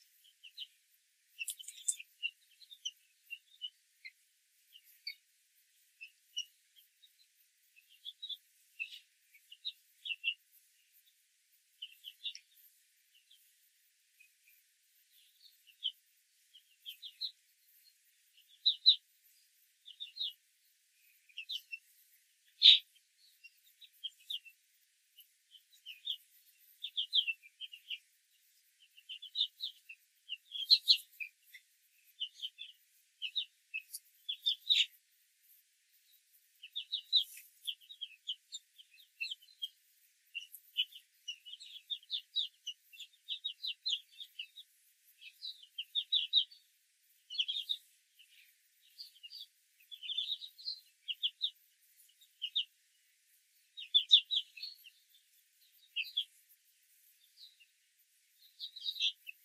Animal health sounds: young laying hens in a cage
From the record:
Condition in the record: control cage, after the stress test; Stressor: none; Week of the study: 4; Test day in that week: 1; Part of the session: 1

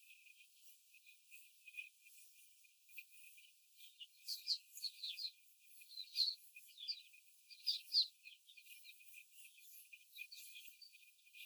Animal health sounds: young laying hens in a cage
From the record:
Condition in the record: after the stressor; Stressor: simulated dog barking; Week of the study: 4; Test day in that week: 1

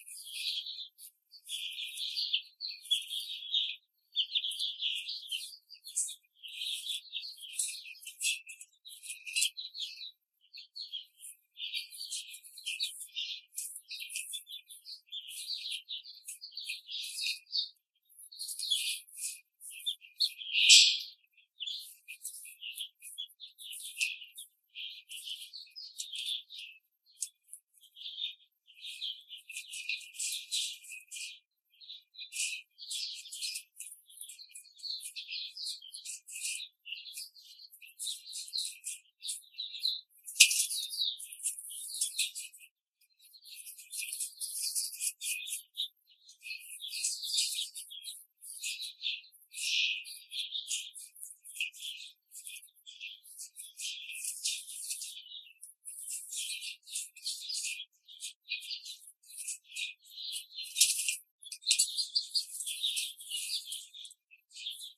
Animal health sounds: young laying hens in a cage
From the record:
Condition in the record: control cage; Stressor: none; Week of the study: 5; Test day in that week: 1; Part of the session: 2

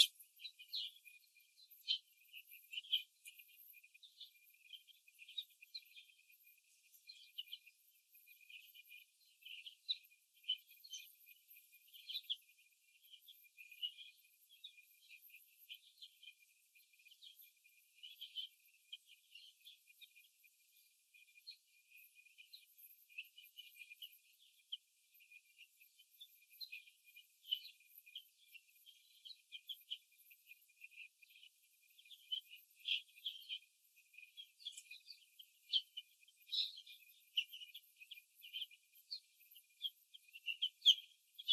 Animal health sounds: young laying hens in a cage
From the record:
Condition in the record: before the stressor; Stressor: simulated dog barking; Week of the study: 2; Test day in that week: 3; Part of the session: 3

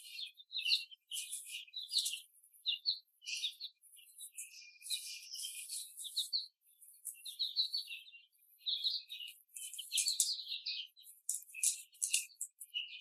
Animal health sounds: young laying hens in a cage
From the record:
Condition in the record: after the stressor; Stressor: simulated dog barking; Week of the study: 3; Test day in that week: 1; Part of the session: 1

